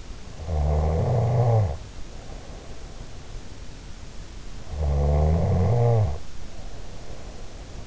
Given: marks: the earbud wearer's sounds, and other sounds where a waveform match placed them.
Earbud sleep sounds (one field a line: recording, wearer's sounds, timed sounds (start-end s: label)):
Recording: sounds in sleep by an in-ear microphone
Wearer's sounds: snoring breath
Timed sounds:
0.35-2.97 s: snoring breath
4.87-7.87 s: snoring breath